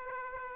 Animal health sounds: mosquito wingbeat signal from an infrared sensor; Aedes aegypti

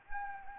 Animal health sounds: mosquito wingbeat signal from an infrared sensor; Anopheles gambiae

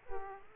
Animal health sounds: mosquito wingbeat signal from an infrared sensor; Aedes aegypti

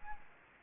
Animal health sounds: mosquito wingbeat signal from an infrared sensor; Aedes aegypti

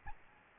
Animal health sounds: mosquito wingbeat signal from an infrared sensor; Aedes albopictus

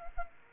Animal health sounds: mosquito wingbeat signal from an infrared sensor; Culex quinquefasciatus

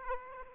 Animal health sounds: mosquito wingbeat signal from an infrared sensor; Aedes aegypti

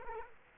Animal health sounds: mosquito wingbeat signal from an infrared sensor; Culex quinquefasciatus

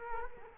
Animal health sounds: mosquito wingbeat signal from an infrared sensor; Culex quinquefasciatus

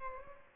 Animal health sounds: mosquito wingbeat signal from an infrared sensor; Aedes aegypti

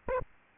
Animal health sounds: mosquito wingbeat signal from an infrared sensor; Aedes albopictus

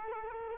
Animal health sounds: mosquito wingbeat signal from an infrared sensor; Culex quinquefasciatus

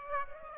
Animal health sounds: mosquito wingbeat signal from an infrared sensor; Aedes aegypti

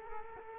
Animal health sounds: mosquito wingbeat signal from an infrared sensor; Culex quinquefasciatus

